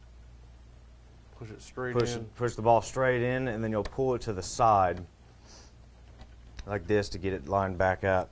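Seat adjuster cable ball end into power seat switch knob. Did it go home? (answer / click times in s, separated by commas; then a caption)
no / none. The ball end of a seat adjustment cable is pushed straight into the plastic power seat switch knob and pulled to the side to line it back up, during a driver bottom leather seat cover install on a 2000–2002 Chevy/GMC/Cadillac. Someone talks throughout over a low steady hum, with faint handling sounds. Nothing has seated or clicked yet.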